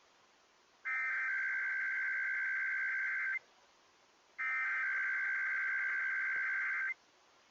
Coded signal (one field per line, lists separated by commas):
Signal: Emergency Alert System (SAME) tones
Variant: header bursts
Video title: EAS tests from last week [EAS #482-485]